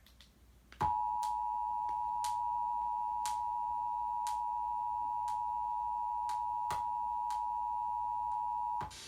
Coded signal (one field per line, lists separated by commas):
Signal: Emergency Alert System (SAME) tones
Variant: 853 and 960 Hz attention tone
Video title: EAS #237 - Flood Warning